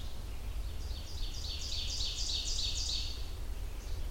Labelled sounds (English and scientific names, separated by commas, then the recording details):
Ovenbird (Seiurus aurocapilla) song
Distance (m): 55 m
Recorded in boreal forest in Alberta, Canada, on 30 June 2016 at 08:02
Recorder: SongMeter 3, array SBT-6-79
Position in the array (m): 5 m, 108 m
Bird 40